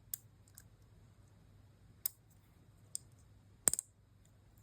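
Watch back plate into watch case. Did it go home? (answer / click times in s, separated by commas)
yes / 0.1 s, 2.1 s, 3.0 s, 3.7 s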